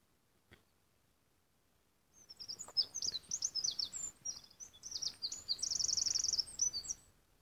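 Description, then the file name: Eurasian wren song beginning after two seconds of quiet: high scratchy notes building into a quick rattling trill, then a final brief flourish. "Troglodytes troglodytes"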